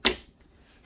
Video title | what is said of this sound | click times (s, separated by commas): Ghome Smart Switch | and then push snap | 0.1 s